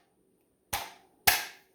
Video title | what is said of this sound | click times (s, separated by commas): NRA Shotgun handling #3 semi auto | We're going to insert our magazine until we get that audible click. | 1.3 s